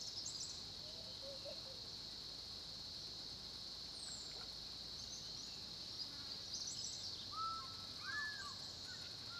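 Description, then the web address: Crickets trill continuously at a high pitch while a bird gives clear slurred whistles toward the end, with a few other faint calls. Background ambience of crickets recorded at a small pond in the Olifants area of Kruger National Park, South Africa, at 10:30 am. "Tonschliff - SOUTH AFRICAN CRICKETS BG South Africa Kruger Olifants 1030 am small pond"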